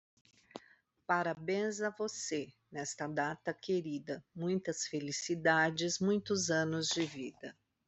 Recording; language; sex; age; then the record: short text; Brazilian Portuguese; female; 50 to 59 years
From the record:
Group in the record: control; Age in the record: 50 years